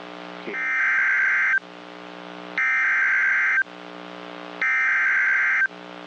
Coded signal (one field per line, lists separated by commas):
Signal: Emergency Alert System (SAME) tones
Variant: header bursts